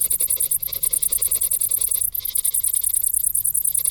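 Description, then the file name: Shrill cricket chirping, rapid high pulses beating steadily several times a second, with one short dip near the two-second mark. "Grillen"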